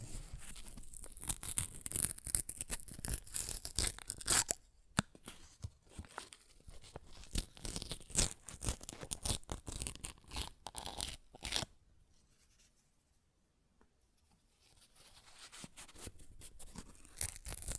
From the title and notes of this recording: ASMR Paper Ripping Tearing Sounds (No Talking).